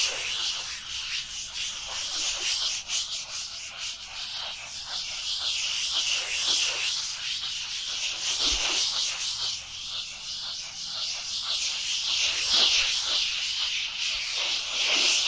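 Dry hands rubbing together in a continuous, dense hiss of skin on skin, bright and papery with little low end. The friction swells and eases in quick, uneven strokes, with small scratchy accents scattered throughout and a faint thump near the middle.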